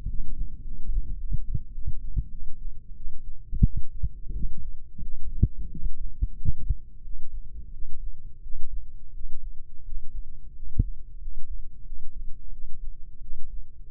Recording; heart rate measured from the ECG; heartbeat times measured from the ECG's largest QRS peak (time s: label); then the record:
heart sounds by microphone in the left ear; 91 bpm
0.07 s: heartbeat
0.62 s: heartbeat
1.18 s: heartbeat
1.73 s: heartbeat
2.29 s: heartbeat
2.95 s: heartbeat
3.63 s: heartbeat
4.33 s: heartbeat
5.01 s: heartbeat
5.69 s: heartbeat
6.35 s: heartbeat
7.02 s: heartbeat
7.71 s: heartbeat
8.41 s: heartbeat
9.12 s: heartbeat
9.83 s: heartbeat
10.54 s: heartbeat
11.19 s: heartbeat
11.84 s: heartbeat
12.51 s: heartbeat
13.20 s: heartbeat
13.90 s: heartbeat
From the record:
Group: healthy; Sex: female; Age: 19 years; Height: 163 cm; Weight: 51 kg